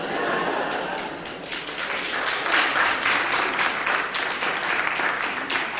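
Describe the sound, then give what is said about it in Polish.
An audience claps steadily and loudly for several seconds, a dense crackle of many hands with heavier thuds of stamping mixed in, holding an even intensity throughout. “No właśnie było powiedziane, klaszcze, tupie się, śmieje.”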